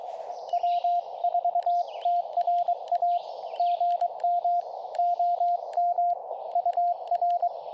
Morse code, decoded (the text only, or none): W4TRA GM OM UR